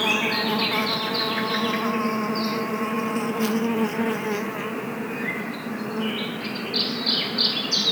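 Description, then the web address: Dense bee buzz forming a continuous droning hum, with scattered high bird chirps near the start and end. Bees recorded in woods. "best service Blue Box animals bees woods"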